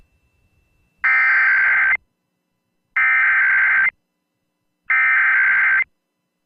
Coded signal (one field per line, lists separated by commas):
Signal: Emergency Alert System (SAME) tones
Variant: header bursts